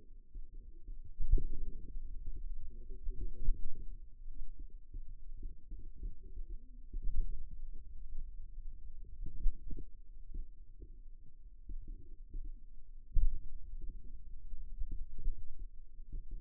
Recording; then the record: forearm muscle sounds (acoustic myography)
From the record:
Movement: pen grasping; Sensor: system 2, bracelet of six BSWA MPA416 microphones around the upper forearm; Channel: 2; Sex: male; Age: 22 years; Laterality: right